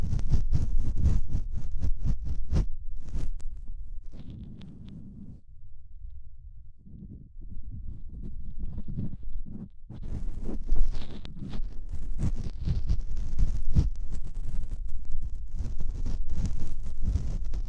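Muffled earwax cleaning with dense scratching and rubbing against the ear, heavy in low thuds and rumble. The scraping quiets and muffles around five to seven seconds, then returns brighter and crisper from about ten seconds, with rapid irregular crackles continuing to the end.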